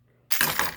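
The trigger and hammer assembly of an unloaded KelTec P32 pocket pistol is worked free and pops violently out of its polymer grip frame. After a quiet start, a bright metallic rattle begins at about 0.3 s, with sharp impacts at 0.4 s and 0.6 s. The whole assembly comes out of the gun.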